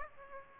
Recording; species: mosquito wingbeat signal from an infrared sensor; Aedes aegypti